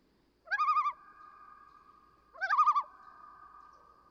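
Common loon calls twice, each a quick rising note breaking into a wavering, quavering tremolo, followed by a lingering steady tone.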